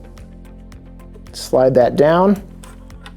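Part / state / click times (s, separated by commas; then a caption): spring locking pin of a bed rail leg extension in the frame tube / not seated / none. A metal leg extension tube is handled with one spring locking pin pressed, being slid down over the frame tube of a bed safety rail, with faint soft ticks under a steady low background tone while someone talks. The clip ends before the extension goes home, so the locking pin has not yet popped into its hole and nothing has seated or clicked.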